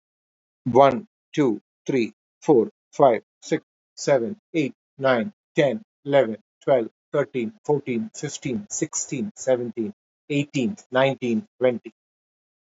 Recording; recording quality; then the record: counting at a normal pace; excellent, no background noise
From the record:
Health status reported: healthy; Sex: male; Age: 55 years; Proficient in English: yes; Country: India